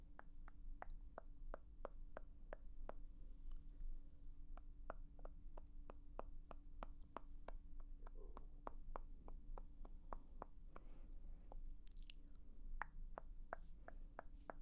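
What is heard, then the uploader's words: Crisp tongue clicks from the mouth tick at a steady, quick pace over a constant low hum, with a brief hiss near twelve seconds. Assorted Mouth Sounds ~ (Sk, Tk, Shh, Kissing etc).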